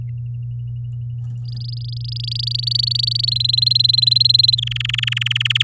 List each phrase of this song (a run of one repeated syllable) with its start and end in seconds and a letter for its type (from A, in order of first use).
1.44-3.30 A, 3.31-4.55 B, 4.57-5.63 C